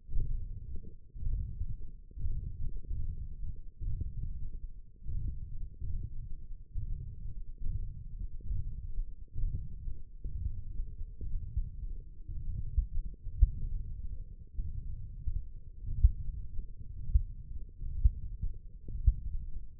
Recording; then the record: forearm muscle sounds (acoustic myography)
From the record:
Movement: hand opening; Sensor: system 1, eight BSWA MPA416 microphones around the upper forearm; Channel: 1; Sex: male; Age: 23 years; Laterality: right